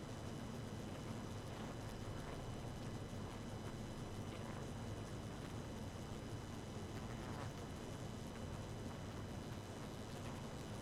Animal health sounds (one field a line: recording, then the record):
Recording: honeybee colony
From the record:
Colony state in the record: active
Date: 12 June 2018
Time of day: 1:54